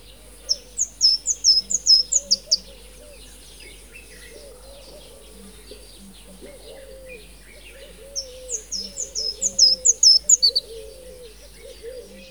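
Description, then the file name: Marico sunbird song: two bursts of rapid, very high, descending chirps, each about two seconds long and separated by a pause, over a lower continuous warbling. "Marico Sunbird (Nectarinia mariquensis)"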